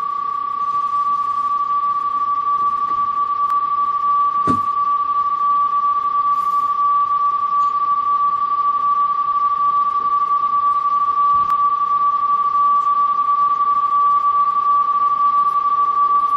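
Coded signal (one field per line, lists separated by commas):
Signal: PSK31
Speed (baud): 31.25 baud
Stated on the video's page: Keyboard CW via a WinKeyer external keyer and PSK via a SignaLink sound card on an FT-891 with HRD.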